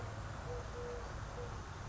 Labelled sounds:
Eurasian Collared Dove (Streptopelia decaocto)
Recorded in Sonoma County, California

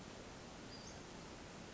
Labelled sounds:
Western Flycatcher (Empidonax difficilis)
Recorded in Sonoma County, California

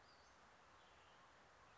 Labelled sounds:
Western Flycatcher (Empidonax difficilis)
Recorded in Sonoma County, California

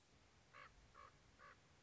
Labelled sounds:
Common Raven (Corvus corax)
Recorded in Sonoma County, California

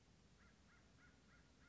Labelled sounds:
American Crow (Corvus brachyrhynchos)
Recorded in Sonoma County, California

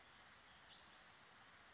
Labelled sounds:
Spotted Towhee (Pipilo maculatus)
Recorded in Sonoma County, California

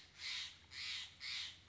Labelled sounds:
Steller's Jay (Cyanocitta stelleri)
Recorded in Sonoma County, California

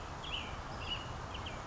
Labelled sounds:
American Robin (Turdus migratorius)
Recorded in Sonoma County, California

